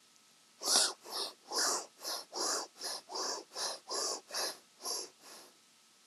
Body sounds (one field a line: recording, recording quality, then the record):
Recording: shallow breathing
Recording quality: excellent, no background noise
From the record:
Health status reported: healthy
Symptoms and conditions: none ticked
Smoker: not ticked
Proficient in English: yes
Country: India